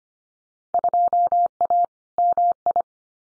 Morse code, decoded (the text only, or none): 2A MI